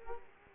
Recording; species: mosquito wingbeat signal from an infrared sensor; Culex quinquefasciatus